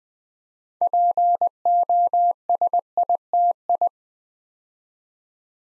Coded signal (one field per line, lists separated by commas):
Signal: Morse code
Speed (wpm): 20 wpm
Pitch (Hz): 700 Hz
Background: none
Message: POSITI